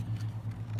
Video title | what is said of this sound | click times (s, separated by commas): Building the Tamiya Kawasaki KI 61 HIEN TONY IN NATURAL METAL | It snaps into place. | 0.8 s